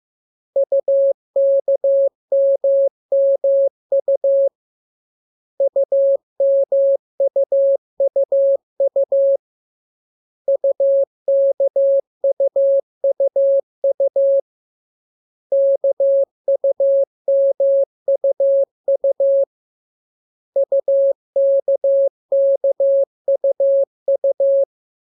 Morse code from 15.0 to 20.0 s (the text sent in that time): KUMUU